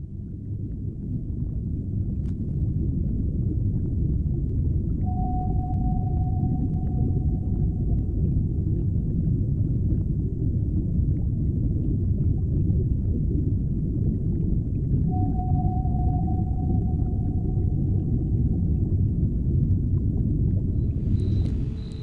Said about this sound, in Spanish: Estamos en un submarino bajo el mar.